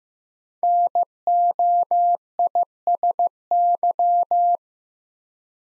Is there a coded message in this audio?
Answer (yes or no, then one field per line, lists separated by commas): yes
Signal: Morse code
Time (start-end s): 0.6-4.6 s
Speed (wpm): 15 wpm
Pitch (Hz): 700 Hz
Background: none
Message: NOISY